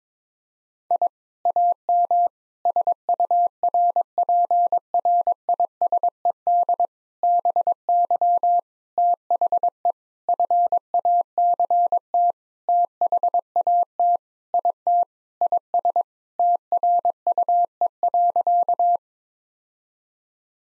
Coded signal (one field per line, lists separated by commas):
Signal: Morse code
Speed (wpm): 22 wpm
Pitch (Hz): 700 Hz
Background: none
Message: I AM SURPRISED BY THE FACT THAT IT IS TRUE.